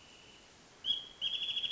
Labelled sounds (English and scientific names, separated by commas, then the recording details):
Wrentit (Chamaea fasciata)
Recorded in Sonoma County, California